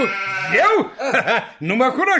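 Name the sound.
goat bleating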